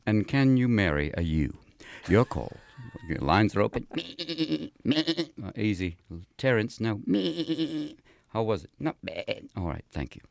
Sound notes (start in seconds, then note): 2.0 laughter; 3.9 imitating ewe bleating; 7.1 imitating ewe bleating